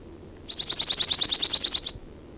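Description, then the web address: Chipping Sparrow trilling: a fast, even run of high, dry chip notes lasting about a second and a half. "Chipping Sparrow Sounds --LNSCourse Cassette"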